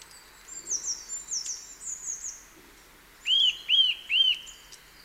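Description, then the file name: Eurasian nuthatch calling, three loud arched whistled notes in quick succession near the end, after soft high twittering. "Sitta europaea"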